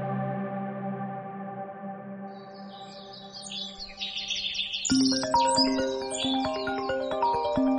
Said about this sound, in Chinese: 第二天一早，孟昭被手机的闹钟震动声吵醒了